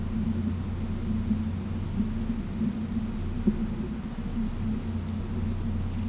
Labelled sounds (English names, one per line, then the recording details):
none
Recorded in pastures near Puerto Asís, Putumayo, Colombia, on 20 December 2024 at 12:00
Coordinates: 0.505, -76.324
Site G063